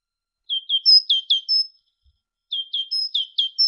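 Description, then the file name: Great tit song: two runs of repeated phrases, each of two lower notes followed by a higher ringing one. Indonesian masteran recording of great tit song for training songbirds, uploaded November 2014. "suara masteran great tit"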